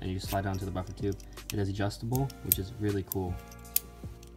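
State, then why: Seated. The adjustable stock of a miniature replica rifle model is slid onto its small buffer tube while someone talks. A single sharp click at 3.8 seconds marks the stock clicking into place, followed by a couple of faint ticks.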